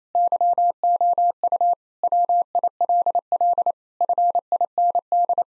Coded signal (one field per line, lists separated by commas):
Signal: Morse code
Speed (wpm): 28 wpm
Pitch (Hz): 700 Hz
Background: none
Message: YOU WILL FIND